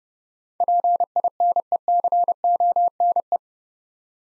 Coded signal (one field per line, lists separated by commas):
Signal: Morse code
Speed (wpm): 30 wpm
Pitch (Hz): 700 Hz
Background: none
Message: PINECONE